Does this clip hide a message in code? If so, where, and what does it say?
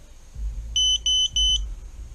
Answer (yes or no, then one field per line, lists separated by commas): no